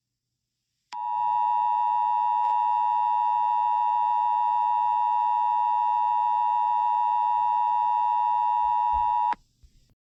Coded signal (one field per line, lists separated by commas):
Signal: Emergency Alert System (SAME) tones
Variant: 853 and 960 Hz attention tone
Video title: EAS SCENARIO 23: Attack Of The Monsters